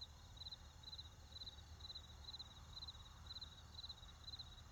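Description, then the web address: Cricket chirps, high and clipped, repeating roughly every half second above a constant low hum of traffic. Crickets with a road and forest in the background. "Debarup Travel Films - Crickets with Road and Forest"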